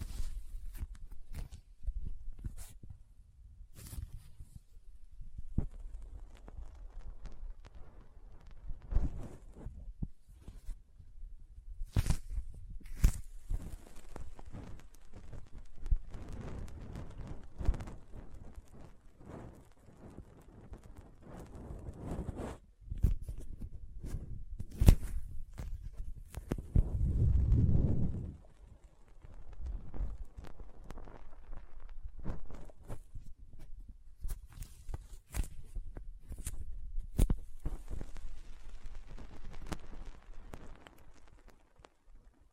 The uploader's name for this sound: Soft Squishy Sticky, Crinkle, Cutting Sounds